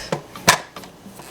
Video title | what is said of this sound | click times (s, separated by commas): Homemade Pop Tarts - Joshua Weissman recipe | gotta make sure it goes in the lock like | 0.5 s